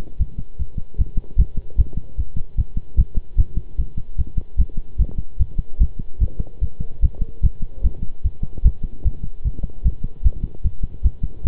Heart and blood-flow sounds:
heart sounds by stethoscope; between the tricuspid and mitral areas; 149 bpm
0.19 s: heartbeat
0.59 s: heartbeat
0.98 s: heartbeat
1.38 s: heartbeat
1.78 s: heartbeat
2.18 s: heartbeat
2.57 s: heartbeat
2.98 s: heartbeat
3.38 s: heartbeat
3.78 s: heartbeat
4.18 s: heartbeat
4.58 s: heartbeat
4.99 s: heartbeat
5.39 s: heartbeat
5.80 s: heartbeat
6.21 s: heartbeat
6.61 s: heartbeat
7.02 s: heartbeat
7.43 s: heartbeat
7.84 s: heartbeat
8.24 s: heartbeat
8.64 s: heartbeat
9.05 s: heartbeat
9.44 s: heartbeat
9.85 s: heartbeat
10.25 s: heartbeat
10.64 s: heartbeat
11.04 s: heartbeat
11.44 s: heartbeat
From the record:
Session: pedaling a stationary bicycle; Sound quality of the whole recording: good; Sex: male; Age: 23 years

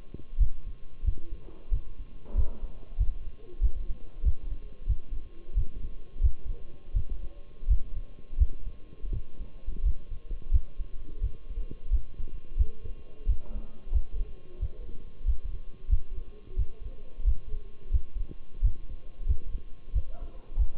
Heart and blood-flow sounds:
heart sounds by stethoscope; between the tricuspid and mitral areas; 89 bpm
0.40 s: heartbeat
1.06 s: heartbeat
1.73 s: heartbeat
2.37 s: heartbeat
2.99 s: heartbeat
3.62 s: heartbeat
4.25 s: heartbeat
4.89 s: heartbeat
5.56 s: heartbeat
6.23 s: heartbeat
6.95 s: heartbeat
7.69 s: heartbeat
8.39 s: heartbeat
9.12 s: heartbeat
9.85 s: heartbeat
10.53 s: heartbeat
11.23 s: heartbeat
11.92 s: heartbeat
12.58 s: heartbeat
13.28 s: heartbeat
13.94 s: heartbeat
14.61 s: heartbeat
15.27 s: heartbeat
15.91 s: heartbeat
16.58 s: heartbeat
17.26 s: heartbeat
17.93 s: heartbeat
18.63 s: heartbeat
19.28 s: heartbeat
19.95 s: heartbeat
20.58 s: heartbeat
From the record:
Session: Bruce protocol treadmill stress test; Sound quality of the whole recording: partially saturated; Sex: male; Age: 23 years

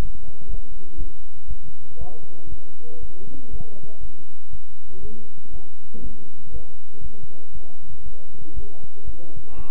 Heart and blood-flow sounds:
heart sounds by stethoscope; between the tricuspid and mitral areas; 119 bpm
0.49 s: heartbeat
0.98 s: heartbeat
1.48 s: heartbeat
1.99 s: heartbeat
2.49 s: heartbeat
3.01 s: heartbeat
3.51 s: heartbeat
4.01 s: heartbeat
4.51 s: heartbeat
5.01 s: heartbeat
5.51 s: heartbeat
6.02 s: heartbeat
6.52 s: heartbeat
7.02 s: heartbeat
7.53 s: heartbeat
8.04 s: heartbeat
8.54 s: heartbeat
9.05 s: heartbeat
9.56 s: heartbeat
From the record:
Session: bicycle stress test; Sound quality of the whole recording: good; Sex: male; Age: 23 years

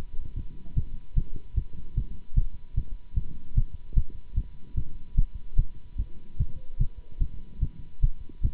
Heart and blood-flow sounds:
heart sounds by stethoscope; between the tricuspid and mitral areas; 149 bpm
0.35 s: heartbeat
0.76 s: heartbeat
1.16 s: heartbeat
1.56 s: heartbeat
1.96 s: heartbeat
2.36 s: heartbeat
2.76 s: heartbeat
3.15 s: heartbeat
3.56 s: heartbeat
3.96 s: heartbeat
4.36 s: heartbeat
4.76 s: heartbeat
5.16 s: heartbeat
5.57 s: heartbeat
5.97 s: heartbeat
6.38 s: heartbeat
6.79 s: heartbeat
7.20 s: heartbeat
7.61 s: heartbeat
8.02 s: heartbeat
8.43 s: heartbeat
From the record:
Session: Bruce protocol treadmill stress test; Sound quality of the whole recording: good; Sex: male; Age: 24 years

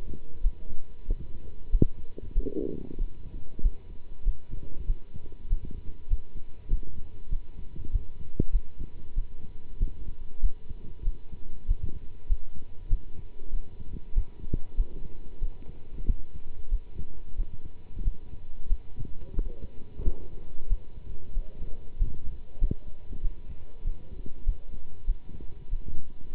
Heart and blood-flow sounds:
heart sounds by stethoscope; between the tricuspid and mitral areas; 95 bpm
0.42 s: heartbeat
1.07 s: heartbeat
1.71 s: heartbeat
2.33 s: heartbeat
2.98 s: heartbeat
3.61 s: heartbeat
4.23 s: heartbeat
4.86 s: heartbeat
5.49 s: heartbeat
6.08 s: heartbeat
6.69 s: heartbeat
7.30 s: heartbeat
7.91 s: heartbeat
8.51 s: heartbeat
9.15 s: heartbeat
9.79 s: heartbeat
10.41 s: heartbeat
11.04 s: heartbeat
11.67 s: heartbeat
12.28 s: heartbeat
12.89 s: heartbeat
13.51 s: heartbeat
14.14 s: heartbeat
14.76 s: heartbeat
15.40 s: heartbeat
16.06 s: heartbeat
16.69 s: heartbeat
17.36 s: heartbeat
18.03 s: heartbeat
18.68 s: heartbeat
19.35 s: heartbeat
20.04 s: heartbeat
20.68 s: heartbeat
21.33 s: heartbeat
21.98 s: heartbeat
22.59 s: heartbeat
23.21 s: heartbeat
23.83 s: heartbeat
24.44 s: heartbeat
25.05 s: heartbeat
25.70 s: heartbeat
26.33 s: heartbeat
From the record:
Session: pedaling a stationary bicycle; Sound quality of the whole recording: good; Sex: male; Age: 27 years

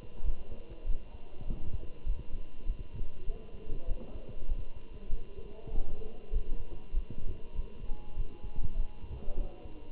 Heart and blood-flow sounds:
heart sounds by stethoscope; between the tricuspid and mitral areas; 99 bpm
0.24 s: heartbeat
0.86 s: heartbeat
1.47 s: heartbeat
2.06 s: heartbeat
2.66 s: heartbeat
3.26 s: heartbeat
3.87 s: heartbeat
4.48 s: heartbeat
5.10 s: heartbeat
5.71 s: heartbeat
6.32 s: heartbeat
6.93 s: heartbeat
7.55 s: heartbeat
8.16 s: heartbeat
8.76 s: heartbeat
9.37 s: heartbeat
From the record:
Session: Bruce protocol treadmill stress test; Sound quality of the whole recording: good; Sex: male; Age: 27 years

